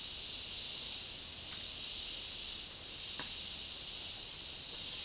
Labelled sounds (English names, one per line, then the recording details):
none
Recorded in dense forest near Puerto Asís, Putumayo, Colombia, on 18 February 2024 at 09:30
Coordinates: 0.500, -76.322
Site G6465